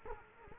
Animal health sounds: mosquito wingbeat signal from an infrared sensor; Culex quinquefasciatus

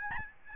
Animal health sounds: mosquito wingbeat signal from an infrared sensor; Aedes albopictus

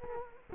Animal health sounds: mosquito wingbeat signal from an infrared sensor; Culex quinquefasciatus

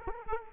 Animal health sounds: mosquito wingbeat signal from an infrared sensor; Culex quinquefasciatus

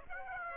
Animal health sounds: mosquito wingbeat signal from an infrared sensor; Aedes aegypti

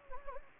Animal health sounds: mosquito wingbeat signal from an infrared sensor; Anopheles gambiae

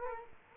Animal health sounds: mosquito wingbeat signal from an infrared sensor; Culex quinquefasciatus

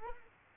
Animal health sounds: mosquito wingbeat signal from an infrared sensor; Culex quinquefasciatus

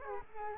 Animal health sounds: mosquito wingbeat signal from an infrared sensor; Culex quinquefasciatus

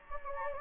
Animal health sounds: mosquito wingbeat signal from an infrared sensor; Anopheles gambiae

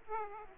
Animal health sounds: mosquito wingbeat signal from an infrared sensor; Aedes aegypti

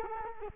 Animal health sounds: mosquito wingbeat signal from an infrared sensor; Culex quinquefasciatus

